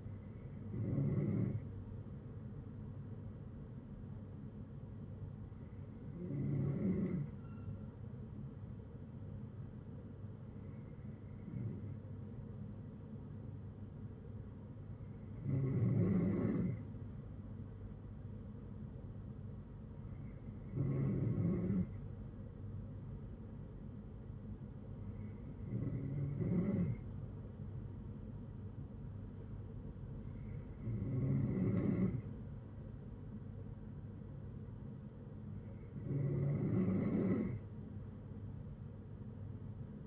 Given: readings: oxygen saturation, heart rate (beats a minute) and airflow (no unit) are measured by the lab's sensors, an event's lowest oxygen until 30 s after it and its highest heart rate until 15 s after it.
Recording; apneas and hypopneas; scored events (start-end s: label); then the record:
breathing in sleep by a smartphone at the bedside; none
28.00-40.07 s: new sleep stage, N2 (light sleep)
From the record:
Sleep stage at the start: N3 (deep sleep); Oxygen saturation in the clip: 93 to 94%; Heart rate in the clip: 59 to 62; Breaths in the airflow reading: 8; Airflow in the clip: -7.5 to 5.0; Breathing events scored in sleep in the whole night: 182 in 7.4 hours asleep